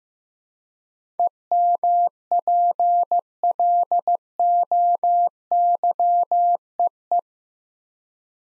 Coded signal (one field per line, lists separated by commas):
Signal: Morse code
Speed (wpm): 15 wpm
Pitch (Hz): 700 Hz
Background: none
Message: EMPLOYEE